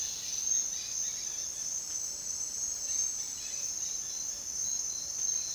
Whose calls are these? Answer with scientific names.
Aratinga weddellii